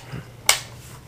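A second, tighter-fitting metal dust cover is snapped onto the receiver of a Yugo M-59 SKS rifle. A single sharp, loud snap rings out at 0.5 s and quickly fades over a quiet background. The dust cover is seated in place.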